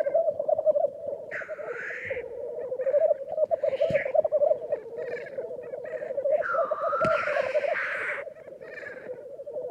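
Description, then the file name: Black grouse, unbroken low bubbling with several harsh hissing whooshes scattered through, the longest one near the end. "Digiffects Sound Effects Library - Black Grouse Bird"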